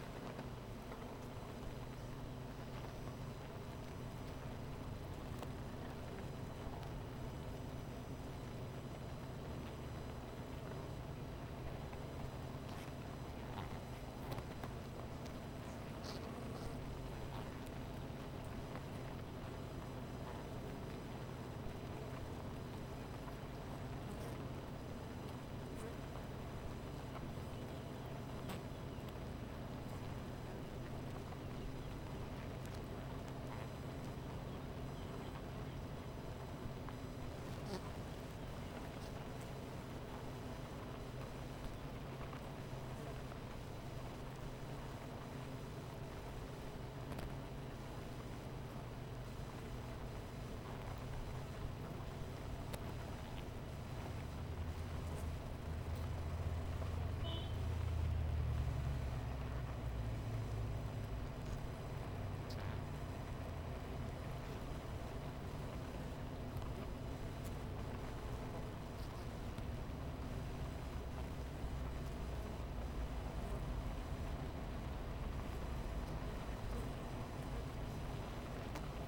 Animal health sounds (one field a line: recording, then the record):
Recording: honeybee colony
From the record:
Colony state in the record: missing queen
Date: 14 July 2017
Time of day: 12:20